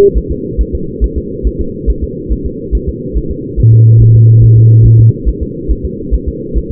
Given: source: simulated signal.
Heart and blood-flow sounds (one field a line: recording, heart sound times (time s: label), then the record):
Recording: fetal heart sounds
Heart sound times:
0.17 s: S1
0.31 s: S2
0.61 s: S1
0.75 s: S2
1.04 s: S1
1.18 s: S2
1.47 s: S1
1.61 s: S2
1.90 s: S1
2.04 s: S2
2.32 s: S1
2.46 s: S2
2.75 s: S1
2.89 s: S2
3.17 s: S1
3.31 s: S2
3.60 s: S1
3.74 s: S2
4.02 s: S1
4.16 s: S2
4.44 s: S1
4.58 s: S2
4.86 s: S1
5.00 s: S2
5.28 s: S1
5.42 s: S2
5.71 s: S1
5.85 s: S2
6.14 s: S1
6.28 s: S2
6.58 s: S1
6.72 s: S2
From the record:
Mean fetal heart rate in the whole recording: 140 bpm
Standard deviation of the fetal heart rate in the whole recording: 2 bpm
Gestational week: 34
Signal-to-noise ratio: -6.6 dB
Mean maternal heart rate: 72 bpm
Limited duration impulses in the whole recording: present